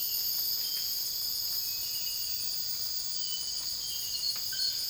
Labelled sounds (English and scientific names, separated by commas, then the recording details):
none
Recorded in secondary vegetation near Puerto Asís, Putumayo, Colombia, on 19 February 2024 at 03:30
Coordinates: 0.481, -76.323
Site G6376